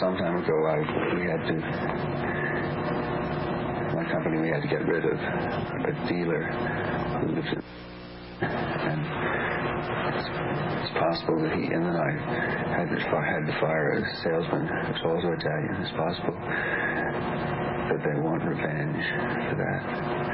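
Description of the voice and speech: A low-pitched adult man with paranoid schizophrenia speaks in a flat, steady way over a constant background hum. He says he had to fire an Italian salesman and suspects Italians want revenge. The content is a paranoid delusion: an ordinary fact, possibly many Italians on his ward, elaborated in a referential and persecutory way with no basis in reality.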